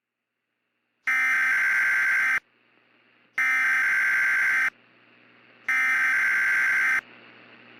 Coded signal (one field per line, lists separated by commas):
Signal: Emergency Alert System (SAME) tones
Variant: header bursts